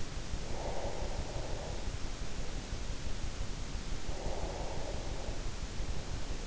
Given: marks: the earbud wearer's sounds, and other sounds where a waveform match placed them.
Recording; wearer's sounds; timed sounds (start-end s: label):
sounds in sleep by an in-ear microphone; breath
0.34-2.28 s: breath
3.73-5.74 s: breath